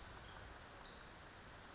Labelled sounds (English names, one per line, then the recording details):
Pacific Wren
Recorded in Sonoma County, California